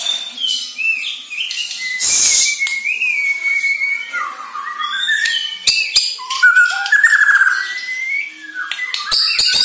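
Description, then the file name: White-rumped shama song with sustained whistles and fluttering trills, broken by sharp harsh bursts and clicks. Bornean shama; lure recording intended to make birds sing vigorously. "Murai Batu Borneo"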